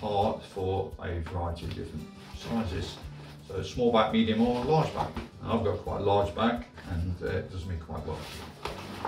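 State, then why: Not seated. Someone talks over background music while handling the back-length adjuster slide of a rucksack, set to fit a small, medium or large back, in the pack's back panel. Two brief sharp sounds come near 8.7 and 9.1 seconds at the very end. The adjuster has not yet been pushed back in, and nothing has locked or clicked into place yet.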